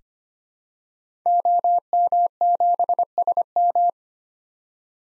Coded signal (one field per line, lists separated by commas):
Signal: Morse code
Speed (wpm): 25 wpm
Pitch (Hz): 700 Hz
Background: none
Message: OM7SM